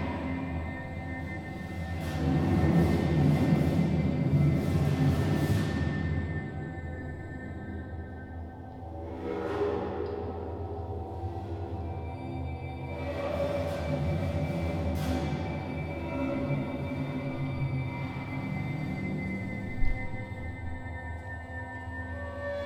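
Sound art performed inside an old concrete munitions storage magazine: a steady low drone with sustained, ringing tones that swell, loudest around seconds two to six. Hissing, breathy washes rise near seconds nine and fourteen, and a single sharp tap lands near twenty.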